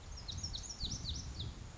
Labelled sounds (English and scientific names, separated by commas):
Lazuli Bunting (Passerina amoena)